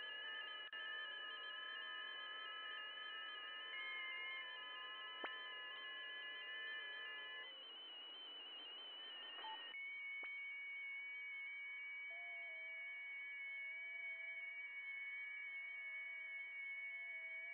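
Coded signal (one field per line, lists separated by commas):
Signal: FT8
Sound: several overlapping warbling steady tones stepping slightly in pitch, a chorus of digital signals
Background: radio static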